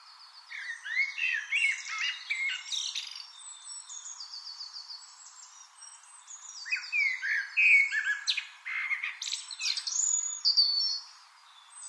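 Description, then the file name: Eurasian blackbird singing mellow warbled phrases with squeaky high flourishes, two main bursts. "Turdus merula"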